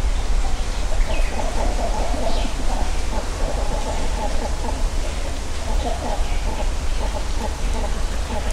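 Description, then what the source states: Great cormorants giving guttural, pulsed croaks in repeated bursts over a steady low rumble, with faint higher bird calls. Nesting colony high in trees along Yasugawa river, Ritto City, Shiga Prefecture, Japan; Sony PCM-M10 recorder with small omnidirectional mics tied to a tree.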